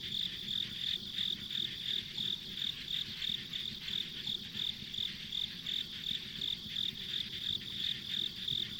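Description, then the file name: Insects trilling in chorus, sharp high pulses at a regular brisk pace over an unbroken shrill drone. Ambient insect sounds recorded along a rural country road. "田舎道の虫の環境音"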